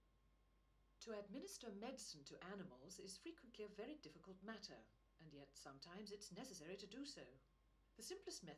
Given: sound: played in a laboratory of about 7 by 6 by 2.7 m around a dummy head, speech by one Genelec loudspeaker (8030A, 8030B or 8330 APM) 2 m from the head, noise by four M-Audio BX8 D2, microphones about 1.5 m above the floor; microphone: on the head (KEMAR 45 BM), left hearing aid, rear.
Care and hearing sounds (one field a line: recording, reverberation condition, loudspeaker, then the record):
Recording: female speech in English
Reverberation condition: low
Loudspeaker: 120 degrees to the left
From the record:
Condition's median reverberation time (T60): about 310 ms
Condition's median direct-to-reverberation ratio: about 3.5 dB